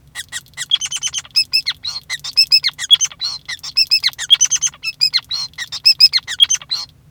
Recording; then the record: song of a male Bengalese finch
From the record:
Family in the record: son of father 5